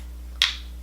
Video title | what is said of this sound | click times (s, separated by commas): DEGUSTABOX UNBOXING AND TASTING!!: March 2018 | do it again until it clicks. So click. Oh. | 0.4 s